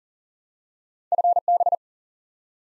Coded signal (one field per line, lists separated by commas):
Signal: Morse code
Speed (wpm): 40 wpm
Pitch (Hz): 700 Hz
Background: none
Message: FB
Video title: Top 20 QSO Elements 40wpm